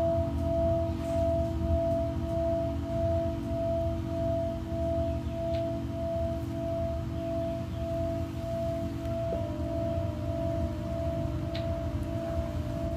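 A singing bowl hums continuously with a steady, sustained ring, its clear upper tone holding level and then dropping slightly in pitch around nine seconds. Beneath it a dense, low rumble persists, and faint soft ticks and brief glints appear occasionally.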